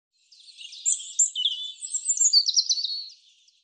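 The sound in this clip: European robin singing a high, varied phrase of thin whistles and twittering notes, with a quick trill near the end, against a quiet background.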